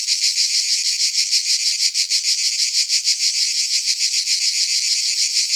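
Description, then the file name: Cicada chorus, a sharp high electric buzz with quick rhythmic pulses, constant and continuous from start to finish. Several cicadas together. "animals insects cicadas several"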